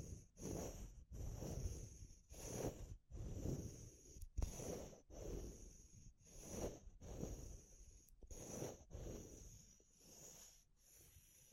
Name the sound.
Natural Triggers Wood, Bamboo and Straw